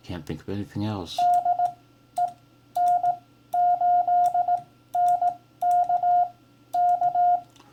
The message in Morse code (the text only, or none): DE N8NK K